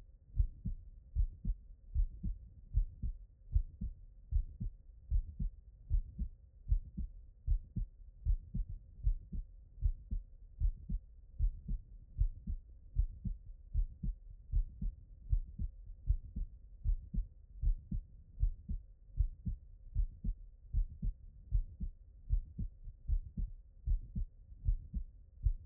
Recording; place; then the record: heart sounds by stethoscope; pulmonary valve (PV)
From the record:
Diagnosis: non-HFrEF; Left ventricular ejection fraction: 66%